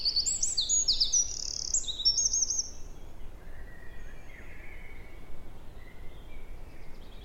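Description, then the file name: Eurasian wren song, a fast run of shrill, high-pitched trills and rattles in the opening seconds, fading to faint lower chirps over a steady background hiss. "Troglodytes troglodytes"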